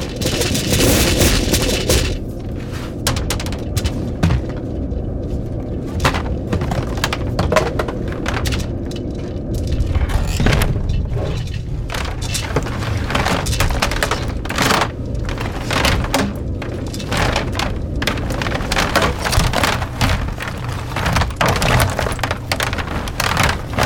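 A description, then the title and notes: A rough field recording: a heavy, steady low rumble runs throughout, broken by rapid bursts of crackling and sharp thudding hits, like booms or rapid fire. The bursts come densely and irregularly, thickest after the midpoint, with no clear steady tone. Film tins filled with objects including nails, tacks, ball bearings and other miscellaneous objects. The film tins were then equipped with piezo microphones plugged into amps then placed atop upward facing speakers. Field recordings, synth tones and feedback were then mixed into the speakers with the film tins on top.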